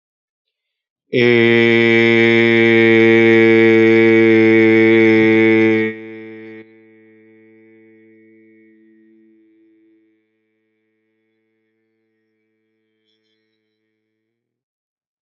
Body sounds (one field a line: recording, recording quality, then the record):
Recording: sustained vowel as in made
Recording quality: excellent, no background noise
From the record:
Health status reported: respiratory illness, not identified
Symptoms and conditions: asthma, diabetes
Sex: male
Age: 40 years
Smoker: not ticked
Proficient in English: yes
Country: India